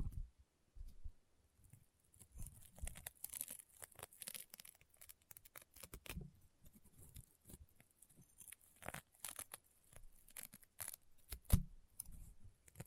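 Crunchy, popping honeycomb slime being squeezed, with dense irregular bursts of sharp crackles and snaps, a loud pop near eleven seconds.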